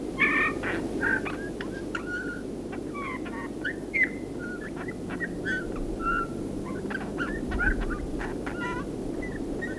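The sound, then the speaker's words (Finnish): A bullfinch's soft, faint song: a loose run of short, piping and slightly creaky whistled notes in irregular bursts, over a steady low background rumble. “Kutsuäänen jälkeen kuulemme punatulkun hyvin heikon laulu.”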